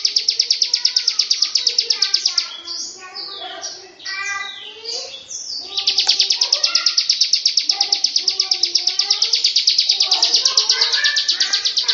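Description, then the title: Lovebird chatter with a middle stretch of varied squeaky, swooping notes, then a steady rapid high trill resuming, and softer lower chirps throughout. Long 'ngekek' (ngekek panjang) song style. "Audio Lovebird Ngekek Panjang Ciblek"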